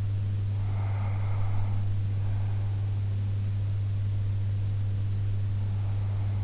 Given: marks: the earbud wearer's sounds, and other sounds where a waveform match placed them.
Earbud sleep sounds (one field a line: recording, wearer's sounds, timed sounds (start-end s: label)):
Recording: sounds in sleep by an in-ear microphone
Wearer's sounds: breath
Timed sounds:
0.63-2.86 s: breath